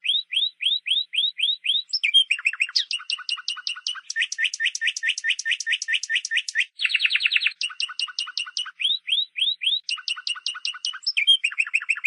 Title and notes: Suara Burung Kenari Masteran. master suara burung kenari